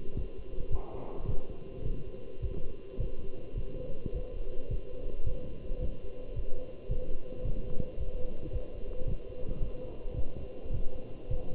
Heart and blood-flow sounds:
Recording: heart sounds by stethoscope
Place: between the tricuspid and mitral areas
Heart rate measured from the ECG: 108 bpm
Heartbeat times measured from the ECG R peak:
0.16 s: heartbeat
0.72 s: heartbeat
1.28 s: heartbeat
1.85 s: heartbeat
2.42 s: heartbeat
3.00 s: heartbeat
3.57 s: heartbeat
4.14 s: heartbeat
4.71 s: heartbeat
5.27 s: heartbeat
5.82 s: heartbeat
6.36 s: heartbeat
6.91 s: heartbeat
7.45 s: heartbeat
7.99 s: heartbeat
8.53 s: heartbeat
9.08 s: heartbeat
9.62 s: heartbeat
10.17 s: heartbeat
10.74 s: heartbeat
11.31 s: heartbeat
From the record:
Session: walking at 3.7 km/h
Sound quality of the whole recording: good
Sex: male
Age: 27 years

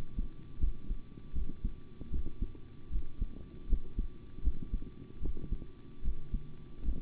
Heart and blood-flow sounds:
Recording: heart sounds by stethoscope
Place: between the tricuspid and mitral areas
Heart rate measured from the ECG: 77 bpm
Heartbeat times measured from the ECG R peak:
0.59 s: heartbeat
1.33 s: heartbeat
2.10 s: heartbeat
2.90 s: heartbeat
3.67 s: heartbeat
4.42 s: heartbeat
5.20 s: heartbeat
6.02 s: heartbeat
6.83 s: heartbeat
From the record:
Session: rest, sitting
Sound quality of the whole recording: good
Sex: male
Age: 25 years

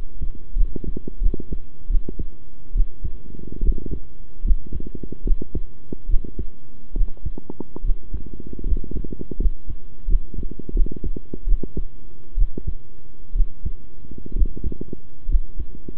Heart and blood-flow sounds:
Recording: heart sounds by stethoscope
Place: between the tricuspid and mitral areas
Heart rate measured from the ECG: 73 bpm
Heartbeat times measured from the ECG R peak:
0.55 s: heartbeat
1.20 s: heartbeat
1.89 s: heartbeat
2.74 s: heartbeat
3.62 s: heartbeat
4.44 s: heartbeat
5.24 s: heartbeat
6.08 s: heartbeat
6.95 s: heartbeat
7.83 s: heartbeat
8.65 s: heartbeat
9.38 s: heartbeat
10.07 s: heartbeat
10.74 s: heartbeat
11.46 s: heartbeat
12.36 s: heartbeat
13.34 s: heartbeat
14.35 s: heartbeat
15.28 s: heartbeat
From the record:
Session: rest, sitting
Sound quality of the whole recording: good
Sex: male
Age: 23 years

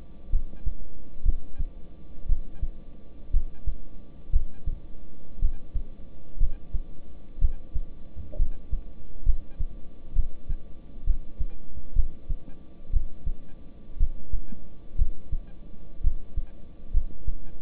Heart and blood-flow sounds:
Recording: heart sounds by stethoscope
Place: between the tricuspid and mitral areas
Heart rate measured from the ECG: 61 bpm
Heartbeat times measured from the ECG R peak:
0.30 s: heartbeat
1.23 s: heartbeat
2.26 s: heartbeat
3.31 s: heartbeat
4.30 s: heartbeat
5.39 s: heartbeat
6.38 s: heartbeat
7.39 s: heartbeat
8.36 s: heartbeat
9.24 s: heartbeat
10.13 s: heartbeat
11.04 s: heartbeat
11.93 s: heartbeat
12.91 s: heartbeat
13.97 s: heartbeat
14.96 s: heartbeat
16.01 s: heartbeat
16.91 s: heartbeat
From the record:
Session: rest, lying down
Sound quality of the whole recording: good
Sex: male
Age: 26 years

